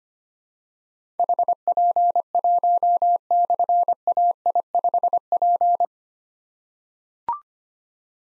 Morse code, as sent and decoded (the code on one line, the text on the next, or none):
.... .--. .---- -..-. .- .. ..... .--.
HP1/AI5P